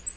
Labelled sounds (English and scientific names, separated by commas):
Black-throated Green Warbler (Setophaga virens) flight call